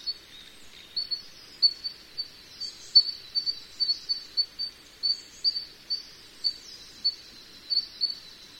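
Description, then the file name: Sakhalin leaf warbler singing thin, high-pitched notes in quick clusters, repeated again and again with short gaps, over quiet background hiss. "ezomushikui"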